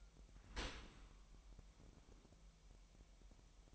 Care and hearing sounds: daily activity, microphone in the room; open dishwasher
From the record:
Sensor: 1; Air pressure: 998.2 hPa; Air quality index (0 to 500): 140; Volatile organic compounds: 4 ppm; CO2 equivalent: 1671 ppm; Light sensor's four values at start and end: 16/54/21/22 and 16/54/21/22

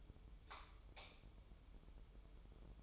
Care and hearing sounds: daily activity, microphone in the room; light off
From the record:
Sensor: 1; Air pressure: 988.4 hPa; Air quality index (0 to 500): 198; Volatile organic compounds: 1000 ppm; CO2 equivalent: 5287 ppm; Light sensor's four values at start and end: 12/37/14/15 and 8/21/8/10

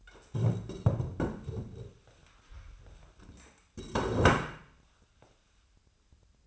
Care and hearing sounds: daily activity, microphone in the room; stand up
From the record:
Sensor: 2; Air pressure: 1015.1 hPa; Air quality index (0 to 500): 127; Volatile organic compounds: 4 ppm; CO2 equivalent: 1636 ppm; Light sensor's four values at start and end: 12/32/13/14 and 9/21/9/9

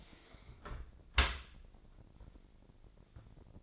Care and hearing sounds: daily activity, microphone in the room; close dishwasher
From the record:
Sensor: 5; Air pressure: 1012.4 hPa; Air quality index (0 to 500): 160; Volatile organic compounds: 2 ppm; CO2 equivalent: 1087 ppm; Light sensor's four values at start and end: 110/264/112/126 and 110/264/112/126

